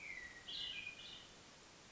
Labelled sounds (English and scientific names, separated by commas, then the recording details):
Hermit Thrush (Catharus guttatus)
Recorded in Sonoma County, California